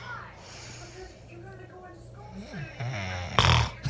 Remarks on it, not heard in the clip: We have audio of you snoring. It goes on for like 90 seconds, yeah. And there's one stretch where— Bro, I'm not breathing. And that's sleep apnea. 30 seconds without.